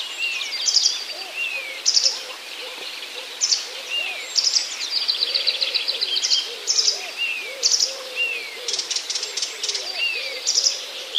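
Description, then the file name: Blyth's reed warbler singing, a clear downslurred whistle repeated several times at uneven intervals, mixed with high buzzy trills and chips; faint low notes underneath. "acrocephalus dumetorum"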